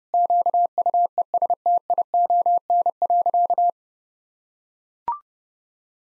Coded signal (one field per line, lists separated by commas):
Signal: Morse code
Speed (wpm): 30 wpm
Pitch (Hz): 700 Hz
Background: none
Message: QUESTION.